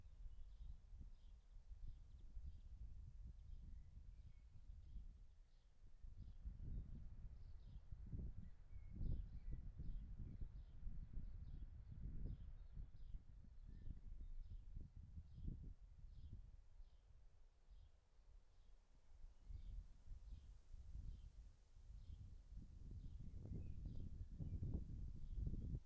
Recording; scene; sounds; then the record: everyday scene through a hearing-aid microphone; wind on the microphone; wind, birds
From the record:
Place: in front of a rural house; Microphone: behind the ear, right, rear